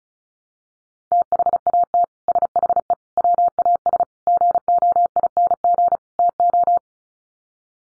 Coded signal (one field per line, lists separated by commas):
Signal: Morse code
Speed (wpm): 34 wpm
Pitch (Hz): 700 Hz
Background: none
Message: THAT SHE WAS GOING TO